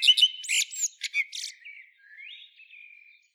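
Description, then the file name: Common blackbird song fragment: a burst of scratchy high twittering, then soft drawn-out whistled notes trailing off into quiet. "Turdus merula"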